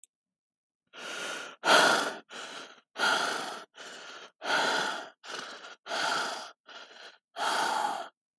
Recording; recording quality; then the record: shallow breathing; excellent, no background noise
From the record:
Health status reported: healthy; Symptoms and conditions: none ticked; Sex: male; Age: 28 years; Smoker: not ticked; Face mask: not worn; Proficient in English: yes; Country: United States